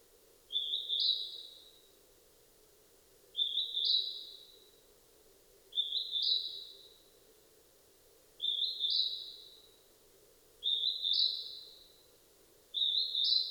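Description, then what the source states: Northern hawk-cuckoo calling: high, shrill two-part whistles, the second part stepping higher, each fading in a ringing tail, repeated roughly every two and a half seconds over a low hum. 15 May 2007 at 18:36.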